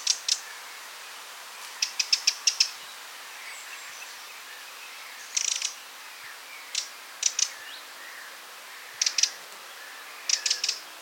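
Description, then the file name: Eurasian wren calls: sharp, dry ticking notes, given singly and in quick runs of two to five, scattered irregularly throughout. "Troglodytes troglodytes"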